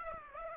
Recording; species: mosquito wingbeat signal from an infrared sensor; Aedes aegypti